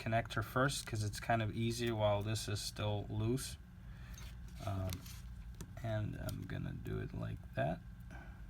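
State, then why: Not seated. Someone talks while handling the top display flex cable connector of an iPhone 7 screen replacement, lining it up with its socket on the logic board first because it is easier while the display is still loose. A brief sharp sound rises near 8.1 seconds, but nothing has seated or clicked yet.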